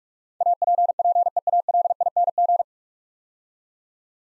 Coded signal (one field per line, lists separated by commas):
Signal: Morse code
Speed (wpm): 44 wpm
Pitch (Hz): 700 Hz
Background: none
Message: APPEALING